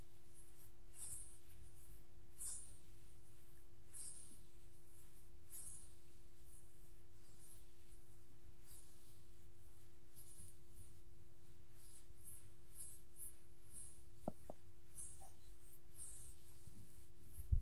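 A dog being petted, with soft, repeated scratching and rubbing sounds every second or so, some brighter and hissier than others. A steady low hum runs underneath throughout, and a couple of short sharp clicks land near fourteen seconds and at the very end.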